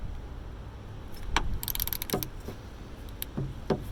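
A click-type torque wrench set to 30 Nm is turned on a nut during the refit of a front suspension strut on a Renault Megane Coupe, replaced after a coil spring and tyre failure. The wrench gives a sharp release click at 1.4 s as it reaches its setting, followed by several smaller metallic ticks and handling noises. The nut is torqued and that one is done.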